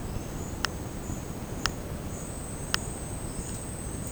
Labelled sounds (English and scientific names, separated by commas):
none